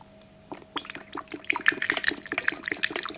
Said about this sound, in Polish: Wstawię do takiego kominka przenośnego, zrobionego z porcelany. Teraz na głowę kominkowi naleję wody. Państwo słucha, pan leje.